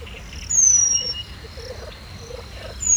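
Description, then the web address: Eurasian penduline tit call: one clear, drawn-out, high whistle gliding gently downward, then a second one beginning at the end, with soft chatter of other birds behind. Hortobágy National Park, 2 May 2013; long-sustained calling. "allathangok hortobagyinemzetipark 2013. fuggocinege kakukk hosszantartoanfuggocinege esmasok 2013 majus 02"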